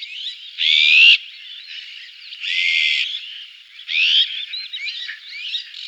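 Azure-winged magpie harsh calls: three grating, buzzy bursts about half a second each, with fainter scratchy chatter between them.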